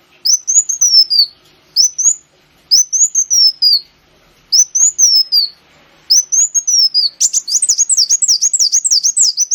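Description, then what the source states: Sunbird song: short high rising-then-falling phrases repeated with brief gaps, ending in a quick rippling series of high looping notes. Local name kolibri wulung; recording used as a lure (pancingan) to attract birds.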